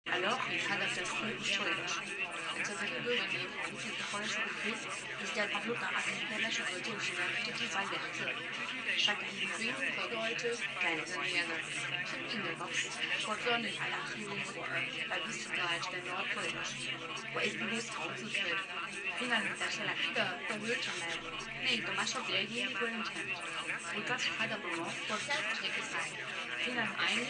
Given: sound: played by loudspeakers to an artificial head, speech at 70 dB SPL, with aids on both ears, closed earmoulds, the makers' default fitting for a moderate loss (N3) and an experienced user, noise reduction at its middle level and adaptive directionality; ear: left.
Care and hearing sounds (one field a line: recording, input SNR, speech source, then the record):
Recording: speech test signal (ISTS) in cocktail-party noise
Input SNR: 0 dB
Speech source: on the right (90 degrees)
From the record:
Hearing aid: class 2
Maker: G